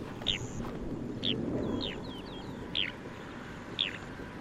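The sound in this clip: Bird calls: a few short, sharp high notes, with softer downslurred chirps between them, over a steady low rumble.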